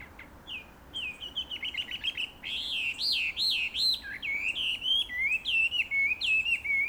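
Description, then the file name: Chinese hwamei song, loud fluid whistles rising and falling in rapid repeated loops, building into a steady, varied melodic stream. "gabichou"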